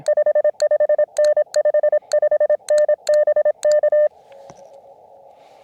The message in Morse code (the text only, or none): 55N 55N BK